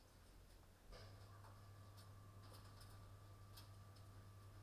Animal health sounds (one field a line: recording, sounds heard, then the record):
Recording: poultry house recording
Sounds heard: no chicken sound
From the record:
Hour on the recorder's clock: 22